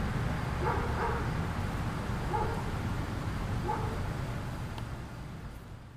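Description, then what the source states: Dog barking, four separate barks over about three seconds, nearly buried under loud, constant low rumbling noise. In a sketchy neighborhood.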